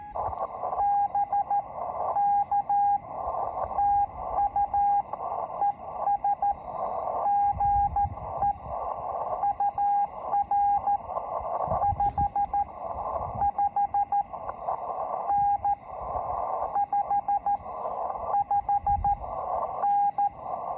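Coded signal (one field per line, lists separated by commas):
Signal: Morse code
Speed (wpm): 13 wpm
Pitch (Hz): 810 Hz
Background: radio noise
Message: BK TU ES GE UR 55N 55N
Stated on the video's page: First CW Parks on the Air activation at the Marconi station site, Cape Cod, using a Kenwood TS-440SAT and an MFJ trainer straight key.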